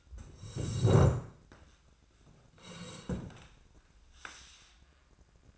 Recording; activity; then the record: daily activity, microphone in the room; sit down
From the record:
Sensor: 2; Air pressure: 1012.1 hPa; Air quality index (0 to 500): 157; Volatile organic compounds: 2 ppm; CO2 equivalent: 1149 ppm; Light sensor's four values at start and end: 38/97/41/47 and 42/107/46/52